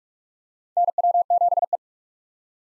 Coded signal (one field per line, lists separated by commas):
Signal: Morse code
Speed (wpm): 46 wpm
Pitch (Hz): 700 Hz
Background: none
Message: NW7E